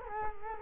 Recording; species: mosquito wingbeat signal from an infrared sensor; Culex quinquefasciatus